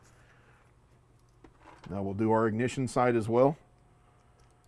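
A plastic T-tap connector is handled at a canteen truck's ignition wire, with faint ticks of handling near 1.5 and 4.6 seconds while someone talks. The connector has not yet seated or clicked onto the wire by the end of the clip.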